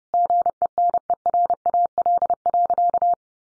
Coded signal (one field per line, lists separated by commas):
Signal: Morse code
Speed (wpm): 29 wpm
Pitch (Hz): 700 Hz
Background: none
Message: GENERAL.